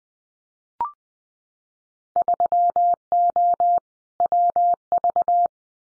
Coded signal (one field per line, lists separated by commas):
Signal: Morse code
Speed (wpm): 20 wpm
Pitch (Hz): 700 Hz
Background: none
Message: 3O WV